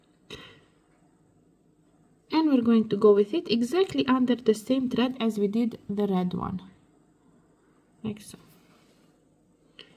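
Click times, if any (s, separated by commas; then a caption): 9.8 s. A golden glass seed bead is passed under the same thread as the red one in a row of brick stitch beadwork and moved to the side until it seats at the row end. Someone talks through most of the clip, and after a quiet stretch with a brief sound near 8.1 s, a short, sharp click is heard at 9.8 s as the bead seats in place.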